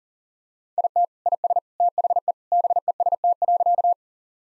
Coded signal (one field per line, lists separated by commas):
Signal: Morse code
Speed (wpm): 40 wpm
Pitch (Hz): 700 Hz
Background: none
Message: IT IS THE BEST.